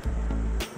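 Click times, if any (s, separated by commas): none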